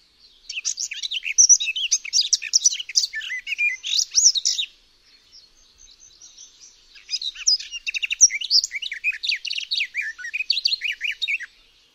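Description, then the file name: Garden warbler song in two long, hurried phrases of liquid, chattering warbles, separated by a quiet pause of about two seconds. "GAJÓWKA"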